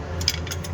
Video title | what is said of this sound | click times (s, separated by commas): How to: Fix P1217 fix Active Exhaust Valve Dodge Hemi/Scatpack/SRT | there it's locked into place now. | 0.3 s